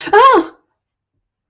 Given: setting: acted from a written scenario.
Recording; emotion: vocal sound without words; negative surprise